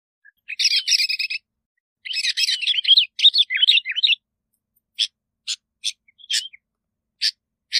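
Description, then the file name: Bulbul song: rapid bubbly warbling in dense bursts, then a series of separate sharp chips. "Tieng chao mao bong lau"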